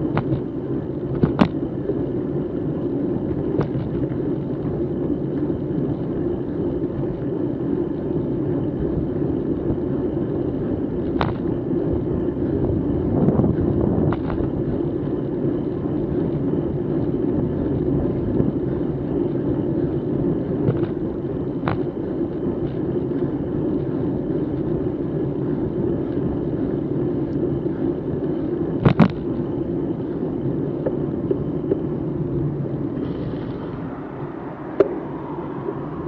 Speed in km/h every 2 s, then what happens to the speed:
21, 21, 22, 22, 22, 22, 23, 22, 22, 21, 22, 22, 21, 20, 19, 15, 13, 16.
0-22 steady at about 22. 22-31 slows to 13.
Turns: 31-36.